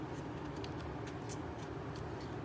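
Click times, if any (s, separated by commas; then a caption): none. A rechargeable battery is slid into the battery slot of a smartphone video light, but it has been inserted upside down and does not lock. Only a faint, brief knock around 0.6 s stands out over steady low background noise. Nothing has seated or clicked yet.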